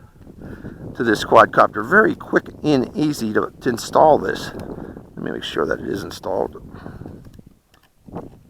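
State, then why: Not seated. A detachable 3-axis camera gimbal is being fitted onto the front of a Xiaomi Mi Drone quadcopter body, inserted from the front into its mount, while someone talks. Small contact and handling taps are heard, including light taps near 7.1, 7.3 and 7.7 seconds. The gimbal has not yet snapped or clicked into place.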